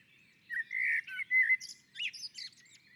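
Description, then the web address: Common blackbird song phrase: a drawn-out fluted whistle, a few varied mellow notes, then a high, thin twittering flourish. On the roof. "sammel Naturinspelningar Koltrast på taket"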